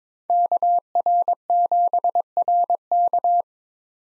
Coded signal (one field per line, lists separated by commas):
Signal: Morse code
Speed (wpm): 22 wpm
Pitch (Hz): 700 Hz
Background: none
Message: KR7RK